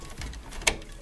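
A 6+2 pin PCIe power plug, joined into an 8-pin plug, is inserted by its key into the socket on a graphics card. Faint scraping and light taps lead up to one sharp click at 0.7 s. The plug is seated.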